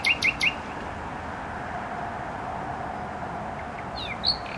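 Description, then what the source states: Nightingale song: three quick sharp repeated notes at the start, then a pause and a few thin notes, over a steady roar of road traffic. Singing in bushes close to a noisy motorway, Trasa Toruńska, Bródno-Podgrodzie, Warsaw, Poland; recorded with an Olympus LS-11.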